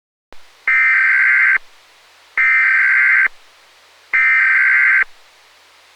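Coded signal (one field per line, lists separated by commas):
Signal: Emergency Alert System (SAME) tones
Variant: header bursts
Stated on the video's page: Mock EAS scenario, not based on real events.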